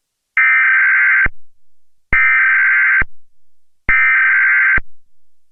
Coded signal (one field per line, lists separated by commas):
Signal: Emergency Alert System (SAME) tones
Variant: header bursts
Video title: Illinois EAS Test